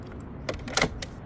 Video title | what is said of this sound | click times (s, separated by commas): VEVOR Ski and Snowboard Roof Rack | locks in place right there | 0.8 s